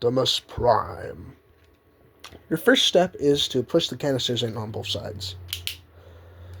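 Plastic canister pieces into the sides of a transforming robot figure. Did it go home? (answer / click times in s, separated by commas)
yes / 5.5 s, 5.7 s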